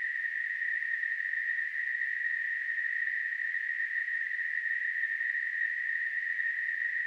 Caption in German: Tinnitus.